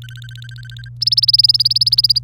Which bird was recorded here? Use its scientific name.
Serinus canaria